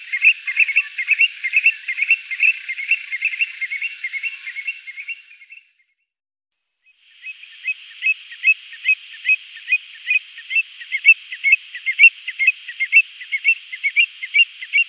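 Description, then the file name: Eurasian stone-curlew calling: a fast chatter of high notes, a short silence, then a steady run of sharp clipped notes. "Tjockfot"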